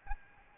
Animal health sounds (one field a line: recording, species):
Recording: mosquito wingbeat signal from an infrared sensor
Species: Aedes albopictus